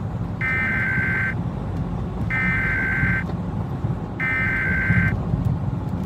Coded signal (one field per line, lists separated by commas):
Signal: Emergency Alert System (SAME) tones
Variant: header bursts